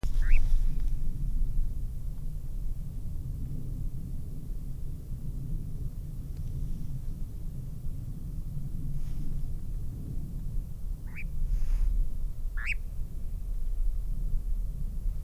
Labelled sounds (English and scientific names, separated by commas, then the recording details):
Eurasian Nightjar (Caprimulgus europaeus) flight call
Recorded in the wild
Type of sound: flight call
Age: adult
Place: Schönow, Naturpark Barnim, Brandenburg, DE
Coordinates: 52.6889, 13.5144
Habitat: heathland
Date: 2007-07-08 23:46
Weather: heiter, 13°C, fast windstill
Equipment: Sound Devices 702, Sennheiser MKH 416 T, Windkorb
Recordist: Frommolt, Karl-Heinz
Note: Westteil des Naturschuztgebietes Schönower Heide: Flugrufe einer Nachtschwalbe. Flugzeuglärm